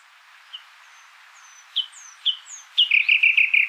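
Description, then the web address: Common nightingale giving a few thin, separated high whistles, then a loud rapid series of repeated notes at the end. "SETE Luscinia megarhynchos"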